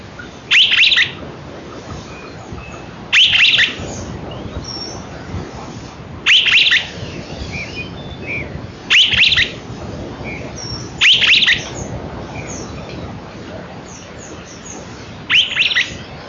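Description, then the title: Streaked flycatcher giving six sharp, high squeaky calls at irregular intervals, over a steady hissing background. "LuckyPassaro Completos2Sama. Streaked Flycatcher (Myiodynastes maculatus)"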